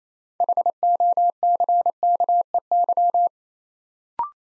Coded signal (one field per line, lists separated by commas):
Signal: Morse code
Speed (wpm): 29 wpm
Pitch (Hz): 700 Hz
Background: none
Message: HOCKEY